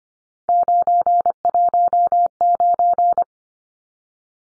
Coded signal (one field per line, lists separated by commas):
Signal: Morse code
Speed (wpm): 25 wpm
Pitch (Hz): 700 Hz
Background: none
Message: 919